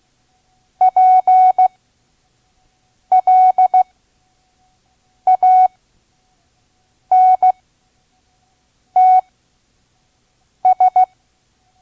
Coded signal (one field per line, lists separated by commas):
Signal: Morse code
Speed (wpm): 16 wpm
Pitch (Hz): 740 Hz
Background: none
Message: PLANTS